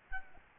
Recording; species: mosquito wingbeat signal from an infrared sensor; Aedes albopictus